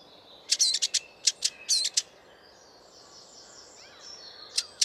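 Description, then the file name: Eurasian blackcap calls: clusters of sharp clicking 'tac' notes early on, a quiet gap, then two final clicks. "Sylvia atricapilla"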